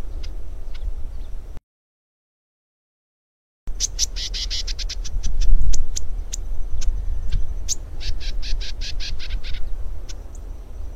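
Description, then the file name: Lesser grass-finch singing rapid chattering bursts of high, sharp notes separated by single ticks, over constant low-pitched background rumble. "canto do canario do brejo"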